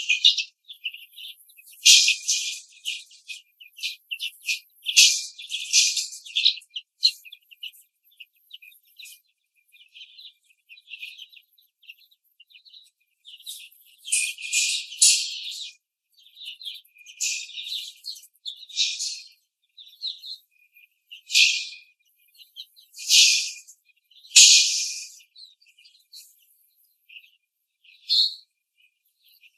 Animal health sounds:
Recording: young laying hens in a cage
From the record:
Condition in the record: after the stressor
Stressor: simulated dog barking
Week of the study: 3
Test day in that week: 1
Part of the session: 1

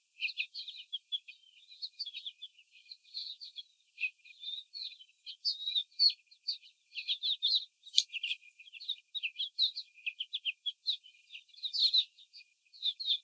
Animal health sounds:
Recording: young laying hens in a cage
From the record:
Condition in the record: after the stressor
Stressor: simulated dog barking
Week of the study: 4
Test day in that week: 3

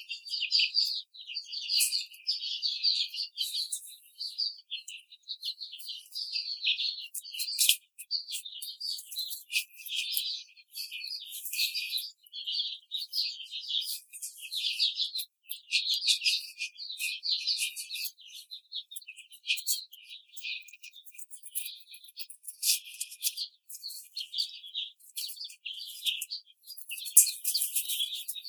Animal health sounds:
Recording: young laying hens in a cage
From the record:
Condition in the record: treatment cage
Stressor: simulated dog barking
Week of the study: 5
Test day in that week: 1

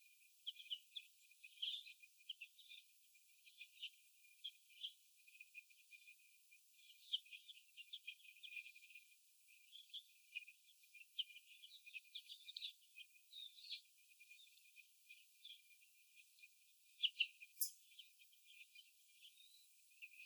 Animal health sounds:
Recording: young laying hens in a cage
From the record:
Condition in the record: before the stressor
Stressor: sudden umbrella opening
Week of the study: 2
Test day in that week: 1

